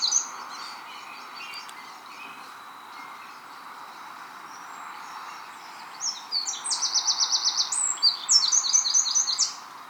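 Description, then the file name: Eurasian wren singing after six quiet seconds of faint scattered chips: very high, rapid trills and rattling phrases delivered in a loud, energetic run, with background hiss. "Troglodytes troglodytes"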